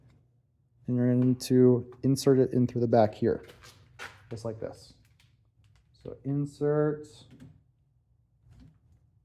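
A wiper blade adapter is inserted through the back of the metal wiper arm on the second front blade of a 2019–2026 Mazda3, with a plastic shroud still to be pressed down. Someone talks while a few faint, quiet handling taps are heard around 5.1–5.8 seconds and near 7.4 seconds. Nothing has seated or clicked yet.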